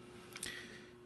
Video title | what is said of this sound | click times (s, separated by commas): What Is This Scientific Training Device? Mystery To Me! | first of all has these probes on the end like this that just snap into place | 0.4 s